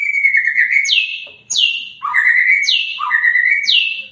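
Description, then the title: White-rumped shama song: loud whistled phrases, long steady notes near mid pitch broken by sharp downward-sweeping high whistles, repeated in a varied pattern. Lure song of a lively singing bird, meant to make birds respond on first hearing. "PANCINGAN MURAI BATU GACOR, SEKALI DENGAR LANGSUNG RESPON"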